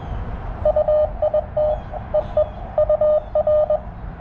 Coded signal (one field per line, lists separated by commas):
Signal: Morse code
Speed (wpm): 22 wpm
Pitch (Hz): 600 Hz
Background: none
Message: UIT EE UR